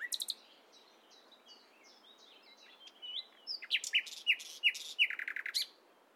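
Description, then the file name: Common nightingale song: a sharp opening burst, soft scratchy twittering, then loud repeated high notes building into a rapid series of rich, ringing phrases. "Luscinia megarhynchos"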